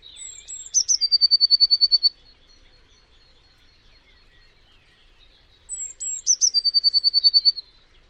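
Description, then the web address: Bird singing two phrases, each a high whistled note breaking into a fast, regular trill of sharp notes, separated by a few seconds of quiet. "Deverinetal 2025 Bird Only Cy Ca"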